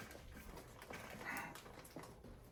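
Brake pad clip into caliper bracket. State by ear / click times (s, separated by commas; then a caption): not seated / none. A new metal brake pad retaining clip is being pressed into the caliper bracket on the front knuckle of a 2011 Subaru Legacy during a front suspension rebuild. Only handling noise is heard, with brief knocks at 0.8 s and 2.0 s. Nothing has seated or clicked yet.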